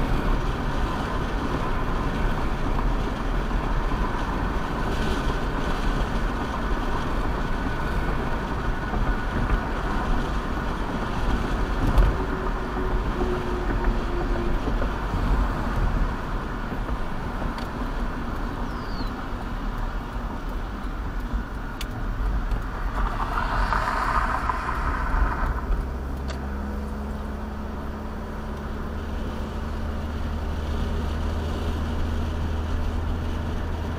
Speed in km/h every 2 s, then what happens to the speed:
69, 69, 68, 68, 68, 66, 64, 60, 55, 48, 40, 34, 31, 27, 32, 45, 53.
0-12 steady at about 68. 12-25 slows to 27. 25-34 speeds up to 53.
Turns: 22-27.